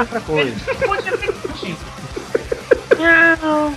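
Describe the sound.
A cat gives a drawn-out, fairly loud meow right at the end, after a stretch of people talking and chuckling together.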